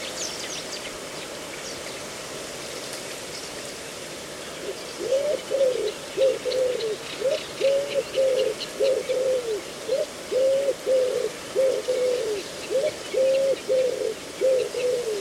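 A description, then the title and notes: In a reedbed, a low cooing bird call repeats in a steady rhythm from about five seconds, with faint higher chirps above. A mosaic of sounds recorded in a reedbed at Slapton Ley National Nature Reserve, Devon, UK. The sounds were recorded at dawn on three days in May 2023.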